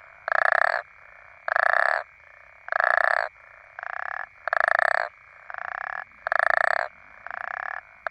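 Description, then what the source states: African common toad calls, rough rattling croaks repeated about every second, louder calls interleaved with quieter ones, over a continuous faint tonal hum. More than one toad.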